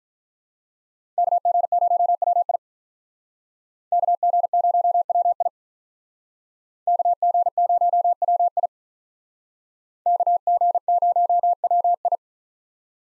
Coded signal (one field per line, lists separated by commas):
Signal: Morse code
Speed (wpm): 46 wpm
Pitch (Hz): 700 Hz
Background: none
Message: KG0WI KG0WI KG0WI KG0WI